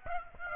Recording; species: mosquito wingbeat signal from an infrared sensor; Aedes aegypti